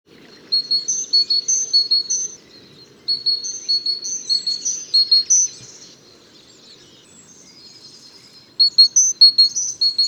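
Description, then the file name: Great tit calls, high repeated chirping phrases in three bursts with quieter gaps, over a faint low background hum. "Parus major"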